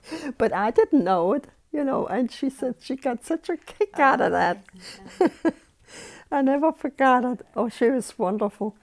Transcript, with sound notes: But I didn't know it, you know. And she said she got such a kick out of that. (she laughs) I never forgot it. Oh, she was wonderful.